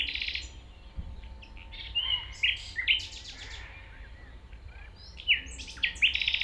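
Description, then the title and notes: Common nightingale delivering loud, varied phrases: clear whistles, abrupt chips and quick rising notes in separate bursts, with a low rumble underneath. 195 Rue de Vars, Chindrieux, France; recordist approaching on foot through tall grass; nightingale is deaf to outside noise while singing. "195 Rue de Vars, 73310 Chindrieux, France - approche d'un rossignol. Je marche dans les herbes hautes pour approcher un rossignol, quand il chante il est sourd aux bruits extérieurs"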